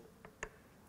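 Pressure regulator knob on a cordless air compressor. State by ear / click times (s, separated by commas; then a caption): not seated / none. The plastic pressure regulator knob on a Makita 40V XGT Brushless 2-Gallon Quiet Series cordless air compressor (AC001GZ) is pushed down to lock it, producing only two brief, faint ticks at about 0.3 s and 0.4 s against a quiet background. The knob has not snapped or locked into place.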